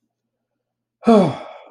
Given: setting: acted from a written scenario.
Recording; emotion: vocal sound without words; relief